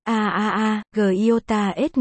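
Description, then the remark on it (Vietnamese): A voice lets out loud, strained screams in three sustained bursts, wavering and wailing with a harsh, raw edge. It sounds like a performer imitating the scream rather than a genuine one. “Một tiếng hét thất thanh vang lên.”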